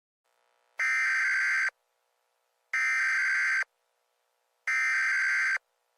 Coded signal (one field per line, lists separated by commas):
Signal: Emergency Alert System (SAME) tones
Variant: header bursts